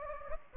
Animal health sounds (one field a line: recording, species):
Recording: mosquito wingbeat signal from an infrared sensor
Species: Anopheles gambiae